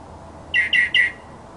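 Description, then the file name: Mockingbird three short, rasping chirps given in quick succession, then silence. Labelled a 'masteran' (tutor) sound recording of a mockingbird. "suara masteran mockingbird"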